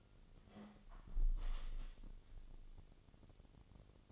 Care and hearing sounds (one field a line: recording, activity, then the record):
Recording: daily activity, microphone in the room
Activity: close window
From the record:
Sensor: 4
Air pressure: 1015.8 hPa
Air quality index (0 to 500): 100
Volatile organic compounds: 2 ppm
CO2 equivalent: 1119 ppm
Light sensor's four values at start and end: 9/20/8/7 and 9/20/8/7